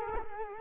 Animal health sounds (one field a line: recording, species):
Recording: mosquito wingbeat signal from an infrared sensor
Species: Culex quinquefasciatus